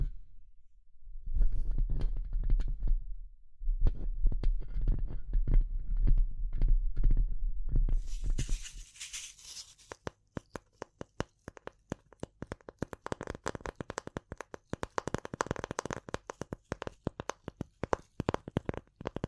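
Tapping and scratching, with a heavy low rumble under a busy run of taps for the first eight seconds. A short hiss of scratching follows around the eight-second mark. Then come quick, sharp, fairly regular taps over near silence to the end.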